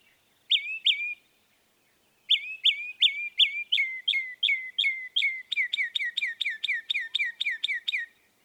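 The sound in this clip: Northern mockingbird song: two sharp notes, a pause, then a long fast run of repeated chip-like phrases sliding down in pitch, quickening toward the end.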